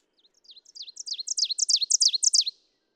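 Ovenbird delivering one full song: repeated high two-part phrases starting soft and swelling to a loud climax before stopping.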